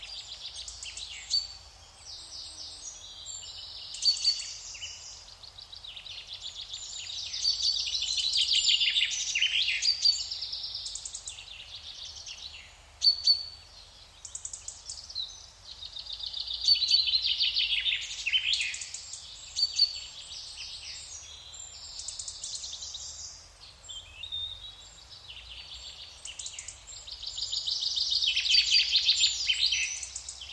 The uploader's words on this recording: Frequency & Nature Sounds "Birds". In the early morning hours, listen to the enchanting chirping of birds from the depths of the forest.